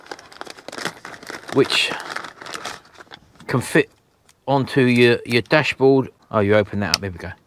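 Someone handles the hinged plastic dashboard mounting bracket of an Atoto P909Pr S3 CarPlay/Android on-dash navigator unit for a Transit van, opening it up with a run of crinkling and sharp handling ticks through the first three seconds. Someone then talks. Nothing has seated or clicked into place yet.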